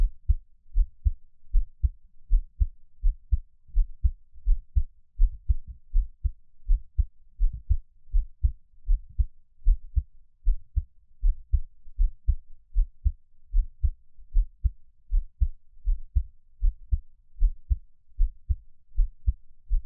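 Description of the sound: A gentle, calm heartbeat from an adult, heard close up with no talking.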